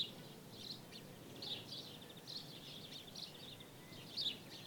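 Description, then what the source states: Birds chirp in clustered high bursts separated by short gaps, with a louder twittering burst near the end over gentle ambient hiss. Birds in daytime ambience in Jerez, Spain.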